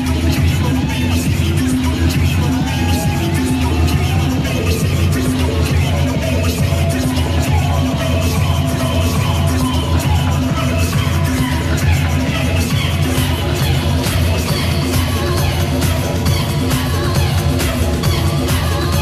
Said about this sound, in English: I've just walked on stage. Let me paint you a picture. There's 6,000 people screaming my name, going absolutely crazy, waiting for the … experience.